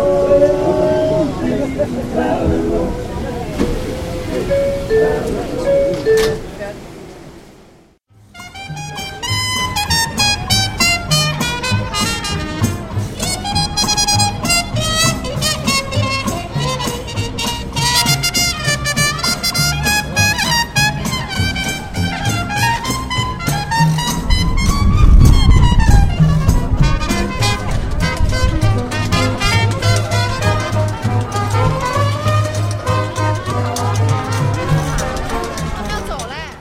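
Sounds captured during a stay in New York: a steady, busy mix of voices and low rumbling traffic or train noise. A brief near-silence falls around eight seconds, then talking and a gliding, pitched tone continue, with a heavy low rumble swelling near twenty-five seconds.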